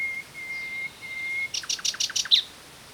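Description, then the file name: Common nightingale song: a long, steady, high whistled note broken by brief gaps, then a fast, loud series of repeated harsh, clicking notes. "Luscinia megarhynchos"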